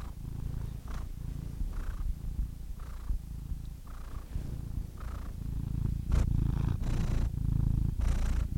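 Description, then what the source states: Domestic cat purring in a steady low rumble throughout, with faint soft bursts recurring about every second and slightly louder rustling near the end. Compilation of domestic cats ranging from kittens to old cats.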